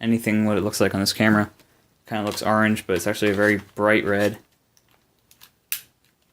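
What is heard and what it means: Someone talks, then slides a second detachable game controller onto the other side of a plastic controller grip. A few faint handling ticks come just before a sharp click at 5.7 s as it latches and seats.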